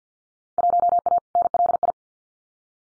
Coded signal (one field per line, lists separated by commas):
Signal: Morse code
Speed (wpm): 50 wpm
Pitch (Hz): 700 Hz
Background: none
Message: 1A NLI